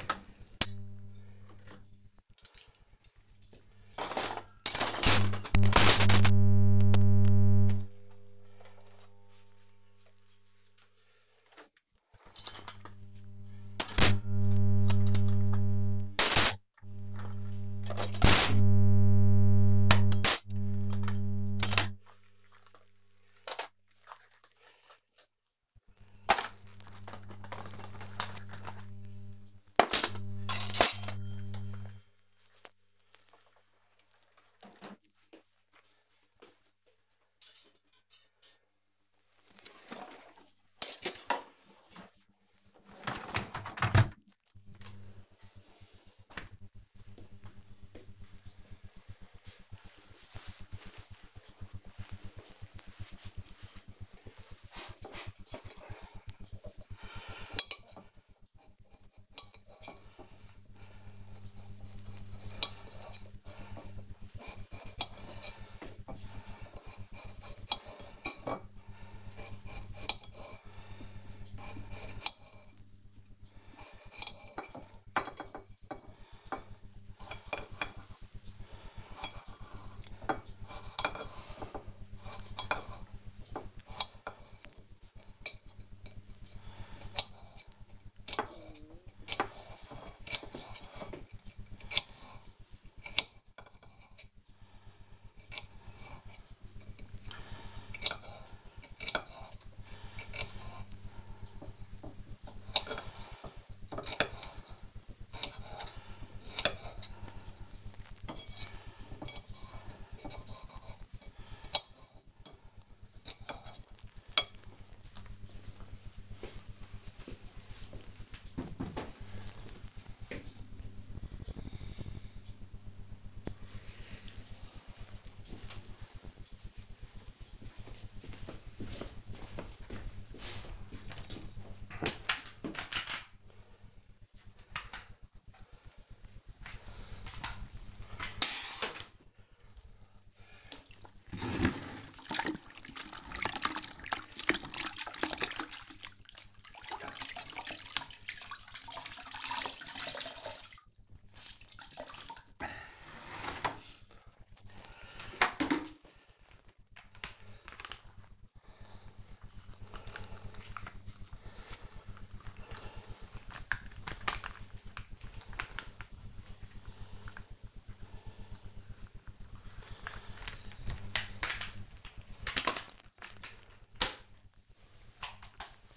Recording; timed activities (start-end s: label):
household activities, microphone on the right wrist
0.00-46.20 s: cleaning out the dishwasher
55.26-113.60 s: cutting vegetables
99.53 s: note: plate
131.70-175.97 s: floor cleaning